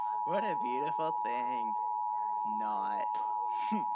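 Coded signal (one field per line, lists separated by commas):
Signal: Emergency Alert System (SAME) tones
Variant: 853 and 960 Hz attention tone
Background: speech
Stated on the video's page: Fictional EAS scenarios.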